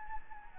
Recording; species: mosquito wingbeat signal from an infrared sensor; Anopheles gambiae